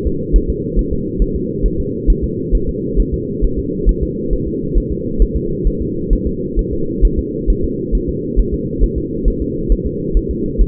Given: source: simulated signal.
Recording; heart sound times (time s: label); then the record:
fetal heart sounds
0.07 s: S2
0.36 s: S1
0.50 s: S2
0.79 s: S1
0.93 s: S2
1.22 s: S1
1.36 s: S2
1.66 s: S1
1.80 s: S2
2.10 s: S1
2.24 s: S2
2.55 s: S1
2.69 s: S2
3.00 s: S1
3.14 s: S2
3.44 s: S1
3.59 s: S2
3.89 s: S1
4.03 s: S2
4.33 s: S1
4.47 s: S2
4.77 s: S1
4.92 s: S2
5.22 s: S1
5.36 s: S2
5.67 s: S1
5.82 s: S2
6.13 s: S1
6.27 s: S2
6.59 s: S1
6.73 s: S2
7.05 s: S1
7.19 s: S2
7.50 s: S1
7.64 s: S2
7.95 s: S1
8.09 s: S2
8.39 s: S1
8.54 s: S2
8.84 s: S1
8.98 s: S2
9.28 s: S1
9.42 s: S2
9.72 s: S1
9.86 s: S2
10.17 s: S1
10.31 s: S2
10.61 s: S1
From the record:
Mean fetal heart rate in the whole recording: 135 bpm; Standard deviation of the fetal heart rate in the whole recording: 3 bpm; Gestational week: 36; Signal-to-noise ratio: -6.6 dB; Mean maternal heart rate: 72 bpm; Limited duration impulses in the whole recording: present